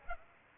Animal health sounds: mosquito wingbeat signal from an infrared sensor; Aedes aegypti

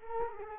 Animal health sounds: mosquito wingbeat signal from an infrared sensor; Culex quinquefasciatus

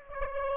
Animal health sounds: mosquito wingbeat signal from an infrared sensor; Aedes aegypti

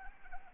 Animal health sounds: mosquito wingbeat signal from an infrared sensor; Anopheles arabiensis

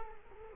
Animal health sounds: mosquito wingbeat signal from an infrared sensor; Culex quinquefasciatus

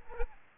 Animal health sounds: mosquito wingbeat signal from an infrared sensor; Aedes aegypti

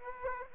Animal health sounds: mosquito wingbeat signal from an infrared sensor; Aedes aegypti

